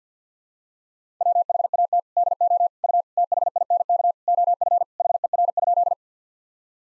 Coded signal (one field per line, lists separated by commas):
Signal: Morse code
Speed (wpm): 47 wpm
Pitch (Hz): 700 Hz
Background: none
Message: WHAT DO U THINK OF HER?